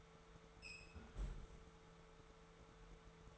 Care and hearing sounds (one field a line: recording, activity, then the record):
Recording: daily activity, microphone in the room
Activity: close fridge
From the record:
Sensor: 3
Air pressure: 1014.9 hPa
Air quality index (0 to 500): 199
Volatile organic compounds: 28 ppm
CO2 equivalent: 2902 ppm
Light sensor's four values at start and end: 11/28/11/12 and 11/28/11/11